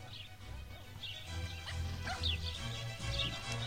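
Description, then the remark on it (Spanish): Dogs playing with children in palace gardens bark and yip in short, high bursts, four or five scattered yelps over a steady low rumble that continues throughout. “Parejas cortesanas paseaban agarradas de la mano por los jardines de palacio, y los niños jugueteaban con sus balones y sus perros.”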